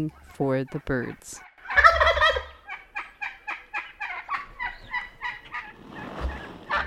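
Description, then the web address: Wild Turkey gobbles: short harmonic yelps open, then a loud rattling gobble followed by a run of rapid clucking notes. "Current November 2007 Turkey"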